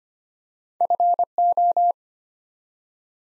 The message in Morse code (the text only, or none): FO